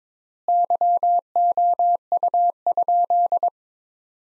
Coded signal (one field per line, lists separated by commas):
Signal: Morse code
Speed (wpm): 22 wpm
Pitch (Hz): 700 Hz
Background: none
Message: YOU?